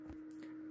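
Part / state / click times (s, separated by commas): plastic bottom cover snap clips releasing from the laptop chassis / released / 0.3 s, 0.4 s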